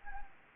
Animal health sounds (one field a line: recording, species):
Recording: mosquito wingbeat signal from an infrared sensor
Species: Anopheles gambiae